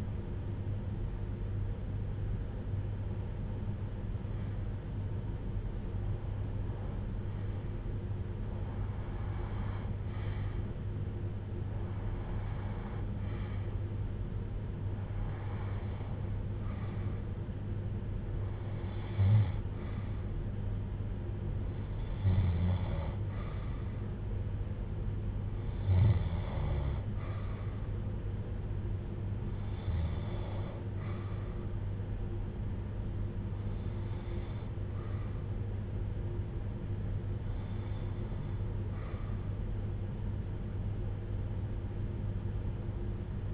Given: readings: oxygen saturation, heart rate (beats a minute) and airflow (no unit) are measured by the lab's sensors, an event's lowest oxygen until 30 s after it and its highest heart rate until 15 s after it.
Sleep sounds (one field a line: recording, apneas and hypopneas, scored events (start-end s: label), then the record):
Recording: breathing in sleep by a smartphone at the bedside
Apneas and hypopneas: none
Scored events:
none scored
From the record:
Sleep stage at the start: REM sleep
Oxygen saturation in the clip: 91 to 94%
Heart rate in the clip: 53 to 65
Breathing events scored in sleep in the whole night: 310 in 8.1 hours asleep